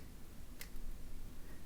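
The metal battery-retaining clamp of a Casio A100WE quartz watch's battery cage is pushed back down into its hole over a newly inserted coin cell. A single short, bright click at 0.6 s marks the clamp latching, with the clamp seated and the battery held in place.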